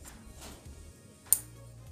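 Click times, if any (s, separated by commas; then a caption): 1.3 s. A plastic wiring harness connector is pushed onto the fuel injector on the throttle body of a Mio i 125 scooter during reassembly after cleaning. Over quiet low background sound, one sharp, loud click lands at 1.3 s as the connector locks in, and it is seated.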